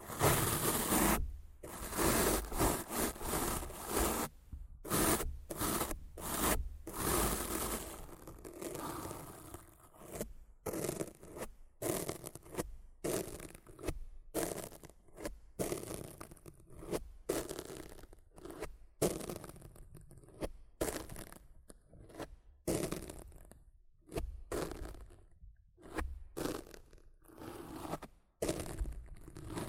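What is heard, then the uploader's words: Rough scratching and brushing strokes on a microphone, coming in rapid, irregular bursts with brief silent gaps between them. The first seconds are loudest and most packed, then strokes turn slightly softer and more scattered, with gritty, scraping, crunchy textures throughout. ASMR Rough Mic Scratching & Brushing (No Talking).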